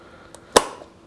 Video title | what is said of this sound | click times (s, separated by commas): EASY and FAST Way to Replace Spindles and Bushings on Front Tires on Riding Lawn Mower | Pop into place. | 0.6 s